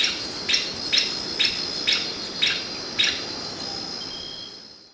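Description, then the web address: Golden-winged tody-flycatcher giving a series of brief bright ticking notes about twice a second, then stopping, with a constant high-pitched insect hum behind. Ecuador. "Birds of Ecuador 3. Golden-Winged Tody-Flycatcher"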